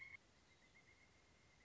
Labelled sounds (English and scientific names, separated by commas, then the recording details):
Pileated Woodpecker (Dryocopus pileatus)
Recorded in Sonoma County, California